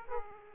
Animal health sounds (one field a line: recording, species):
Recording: mosquito wingbeat signal from an infrared sensor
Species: Aedes aegypti